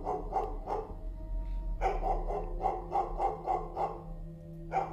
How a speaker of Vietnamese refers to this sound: Tiếng chó sủa văng vẳng ở đâu đây, giữa đêm khuya, nhất là trong cái trận lũ tuyệt vọng. Nghe cái tiếng chó sủa nó chẳng những là tiếp thêm sinh khí mà nó càng làm cho người ta thêm buồn.